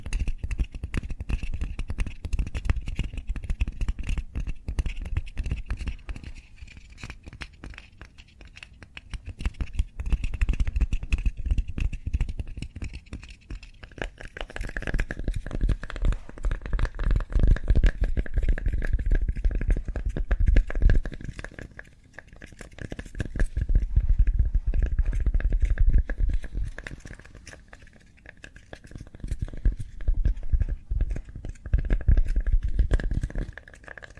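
Cork being rubbed and scratched, a dense crackle of tiny clicks that swells and fades in waves every few seconds. A faint steady whine sits underneath throughout, dropping to a lower pitch around the fourteen-second mark, over a soft low rumble.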